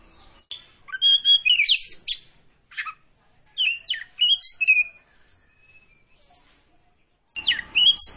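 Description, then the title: Oriental magpie-robin singing varied whistles and harsh notes in bursts, a long pause, then the song resumes with some background noise. Singing vigorously (gacor). "Kacer Tretes Gacor"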